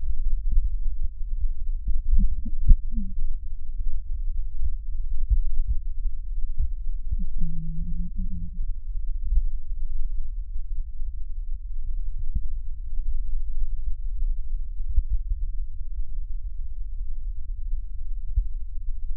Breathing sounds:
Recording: lung sounds by stethoscope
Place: right posterior basal chest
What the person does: quiet breathing, then cough and speech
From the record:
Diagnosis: asthma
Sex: female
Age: 72 years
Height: 160 cm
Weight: 63.4 kg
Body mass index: 24.8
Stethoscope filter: bell mode

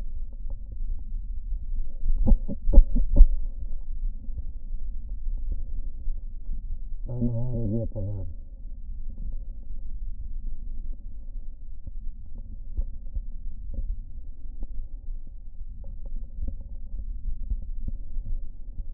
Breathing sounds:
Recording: lung sounds by stethoscope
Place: left anterior apical chest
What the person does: quiet breathing, then cough and speech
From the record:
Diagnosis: COPD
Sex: male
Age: 80 years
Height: 171 cm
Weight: 75 kg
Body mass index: 25.6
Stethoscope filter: diaphragm mode

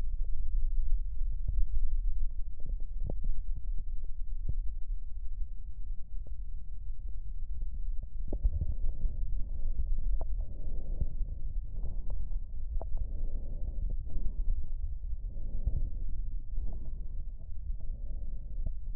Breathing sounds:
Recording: lung sounds by stethoscope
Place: right posterior basal chest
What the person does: quiet breathing, then deep breathing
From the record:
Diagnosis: COPD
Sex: male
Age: 59 years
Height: 175 cm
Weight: 73 kg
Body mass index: 23.8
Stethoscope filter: extended mode

